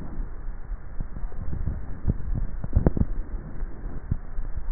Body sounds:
swallowing sounds by neck microphone; 1
2.12-2.82 s: swallow
From the record:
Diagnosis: dysphagia

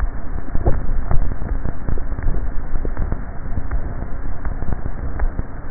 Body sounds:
swallowing sounds by neck microphone; 2
0.65-1.58 s: swallow
2.35-3.15 s: swallow
From the record:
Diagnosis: dysphagia

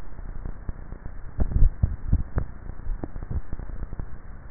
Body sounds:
swallowing sounds by neck microphone; 1
1.42-2.35 s: swallow
From the record:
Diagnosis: dysphagia

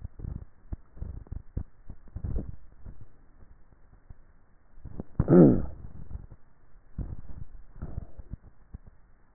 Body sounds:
swallowing sounds by neck microphone; 2
2.22-3.22 s: swallow
7.22-8.12 s: swallow
From the record:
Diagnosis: dysphagia

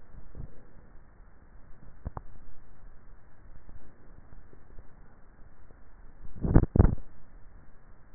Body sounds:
swallowing sounds by neck microphone; 1
6.12-7.05 s: swallow
From the record:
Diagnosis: dysphagia

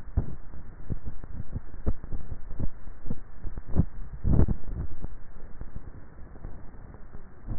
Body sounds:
swallowing sounds by neck microphone; 1
3.92-4.52 s: swallow
From the record:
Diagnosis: dysphagia

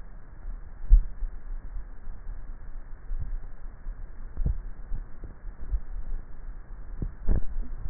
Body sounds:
swallowing sounds by neck microphone; 5
0.66-1.49 s: swallow
1.79-2.66 s: swallow
2.92-3.99 s: swallow
4.19-4.92 s: swallow
5.52-6.32 s: swallow
From the record:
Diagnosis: dysphagia

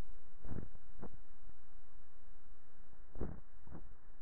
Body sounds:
swallowing sounds by neck microphone; 2
0.57-1.04 s: swallow
3.27-3.70 s: swallow
From the record:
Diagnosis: dysphagia

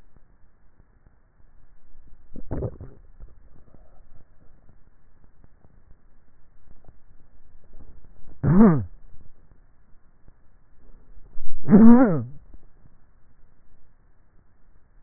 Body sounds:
swallowing sounds by neck microphone; 1
2.45-3.52 s: swallow
From the record:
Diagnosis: dysphagia

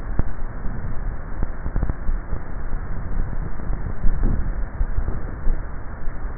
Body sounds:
swallowing sounds by neck microphone; 1
4.15-4.92 s: swallow
From the record:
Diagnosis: dysphagia

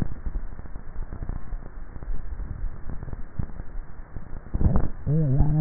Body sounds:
swallowing sounds by neck microphone; 1
2.22-2.95 s: swallow
From the record:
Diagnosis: dysphagia

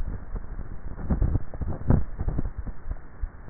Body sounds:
swallowing sounds by neck microphone; 1
1.83-2.67 s: swallow
From the record:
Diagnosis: dysphagia

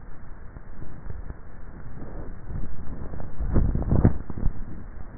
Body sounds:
swallowing sounds by neck microphone; 1
3.12-3.78 s: swallow
From the record:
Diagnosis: dysphagia

